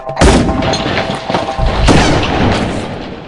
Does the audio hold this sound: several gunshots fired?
yes